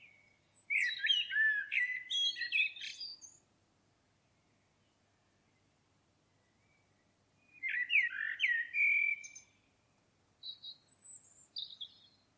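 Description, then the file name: Common blackbird song: a loud, complex phrase of fluty and scratchy notes, a long silence, then another warbled phrase and thin high squeaks. "Turdus merula"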